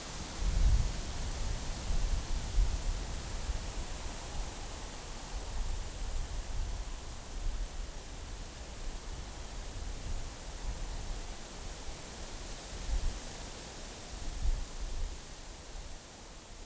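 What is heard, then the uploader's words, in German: Leaves of maple and birch rustle in a steady, dense hiss that barely changes over the whole stretch. Soft low thumps of wind push through now and then, strongest near the start and again around thirteen to fifteen seconds. Blätterrauschen – Ahorn und Birke.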